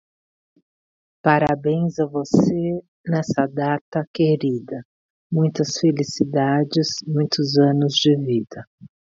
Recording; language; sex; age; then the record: short text; Brazilian Portuguese; female; 50 to 59 years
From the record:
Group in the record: control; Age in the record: 57 years